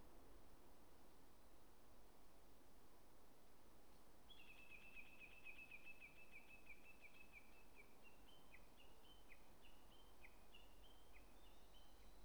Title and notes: 宮沢賢治記念館駐車場, 国道456号, 花巻市, 岩手県, 日本 - uguisu in Polan Square. uguisu(鶯)=Horornis diphone. DR-07XP